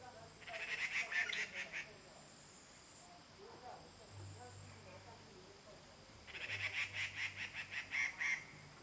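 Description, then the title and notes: Grey treepie making two bursts of fast, harsh chattering notes, each lasting about one and a half to two seconds and separated by several quiet seconds of low hiss. Birds singing on the ground in Puli, Nantou County, Taiwan. "545台灣南投縣埔里鎮成功里種瓜路113號. Dendrocitta formosae , Birds singing in the ground"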